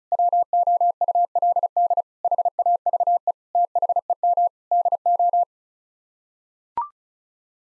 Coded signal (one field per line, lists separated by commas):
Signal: Morse code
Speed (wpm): 36 wpm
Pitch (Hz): 700 Hz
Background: none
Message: WOULD HAVE THEM DO